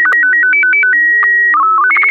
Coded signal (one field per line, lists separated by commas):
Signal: SSTV (slow-scan television)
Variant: Robot BW 8